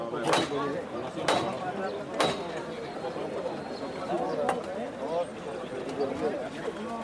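A handful of sharp, hard clops from horse hooves ring out at uneven intervals over a steady murmur of crowd chatter, loudest early on and fading to faint knocks later.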